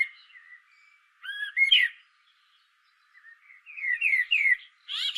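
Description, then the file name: Common blackbird song: soft fluted notes, a loud looping warble ending in squeaks, then a run of rising whistles and a scratchy high flourish. "Turdus merula"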